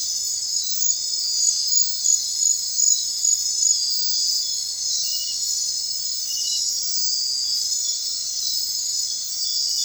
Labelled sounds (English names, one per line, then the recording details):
none
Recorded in secondary vegetation near Puerto Asís, Putumayo, Colombia, on 23 June 2025 at 23:00
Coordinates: 0.499, -76.323
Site G077